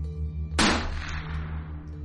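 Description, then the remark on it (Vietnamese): A single sharp, ear-piercing gunshot fired at Ông Tám cracks out and its echo fades slowly over a second or so, against a steady low hum. “Hương Chánh tổng vừa dứt lời, tiếng súng vang lên nhói cả tai từ phía tên cò tay.”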